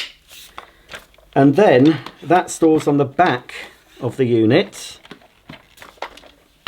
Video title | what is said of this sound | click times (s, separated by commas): Simplicity S65D Cordless Vacuum Cleaner Demonstration & Review | so it just pushes in you'll hear a click | 0.6 s